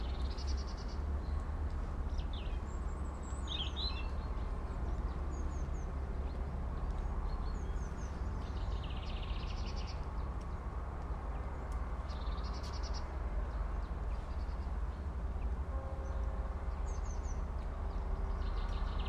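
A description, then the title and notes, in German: Birds sing in a forest, their short bright chirps and trills popping up every few seconds above a steady low rumble. The rumble holds constant throughout like far-off traffic, with a faint hum running underneath and no pauses. Today I'm taking you to the edge of a small village in the Black Forest. I placed my mics next to a hunting seat to listen straight into the forest. Birds sing and seem close enough to touch. Vögel singen und scheinen zum Greifen nah.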